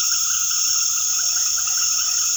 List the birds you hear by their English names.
none